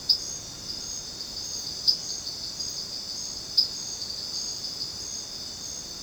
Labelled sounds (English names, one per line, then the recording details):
none
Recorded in dense forest near Puerto Asís, Putumayo, Colombia, on 13 March 2025 at 22:00
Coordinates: 0.486, -76.317
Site G053